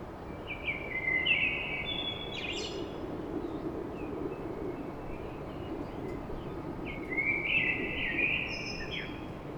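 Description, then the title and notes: Common blackbird singing two fluting, warbled phrases with thin squeaky endings, separated by several seconds of quiet, against a constant low rumble and hiss. Blackbird song at dawn in Paris. "Blackbird Poetry At Paris. Enregistrement d'un chant de merle à l'aube dans Paris"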